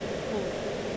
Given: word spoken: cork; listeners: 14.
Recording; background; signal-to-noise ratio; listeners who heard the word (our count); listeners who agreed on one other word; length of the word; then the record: one English word in noise, from a listening test; speech-shaped noise; -5.5 dB; 0 of 14; 9 of 14; 0.57 s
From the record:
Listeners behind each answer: 9, 1, 1, 1, 1, 1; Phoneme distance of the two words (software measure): 30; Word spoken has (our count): 1 syllable, 3 phonemes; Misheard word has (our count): 1 syllable, 3 phonemes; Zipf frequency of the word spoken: 3.74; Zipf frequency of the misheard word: 4.94